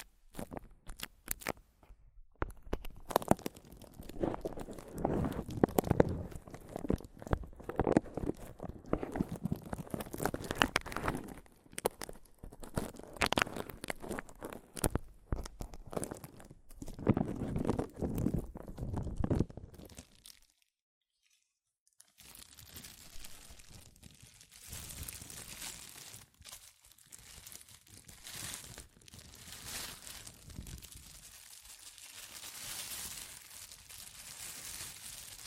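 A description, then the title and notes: Mic tapping and scratching in dense, crackly bursts for twenty seconds, a brief silence, then softer, brighter rustling and scraping to the end. ASMR Mic Tapping and Scratching (No Talking).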